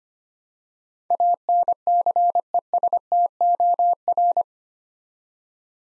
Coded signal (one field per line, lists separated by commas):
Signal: Morse code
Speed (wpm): 25 wpm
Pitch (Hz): 700 Hz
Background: none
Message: ANCESTOR